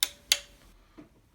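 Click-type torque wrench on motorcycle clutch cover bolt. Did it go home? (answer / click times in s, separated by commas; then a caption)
yes / 0.0 s, 0.3 s. A click-type torque wrench set to 10 Nm tightens the clutch cover bolts on a Yamaha R1 motorcycle engine in a crisscross pattern. Two sharp, bright clicks ring out at 0.0 and 0.3 seconds, each with a short metallic ring, followed by a faint softer knock near 1.0 second. The wrench clicks at its setting, confirming the bolts are torqued.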